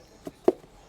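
A 110 mm plastic push-fit drainage pipe is pushed home into the socket of an inspection chamber. A faint click at 0.3 s is followed by a sharper, louder click at 0.5 s. The pipe is seated all the way in.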